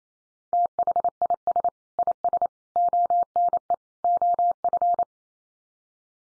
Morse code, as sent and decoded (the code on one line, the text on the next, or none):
- .... .. ... / .. ... / --- -. . / --- ..-.
THIS IS ONE OF